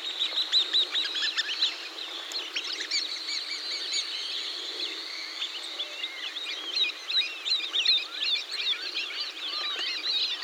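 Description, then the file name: Bird calls: continuous overlapping chirps and twitters, rising and falling in loudness throughout. "SABIOD 50 bird 2015"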